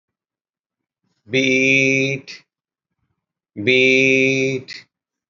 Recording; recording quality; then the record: sustained vowel as in beet; excellent, no background noise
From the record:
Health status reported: healthy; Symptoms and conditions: none ticked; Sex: male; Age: 63 years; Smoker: not ticked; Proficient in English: yes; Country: India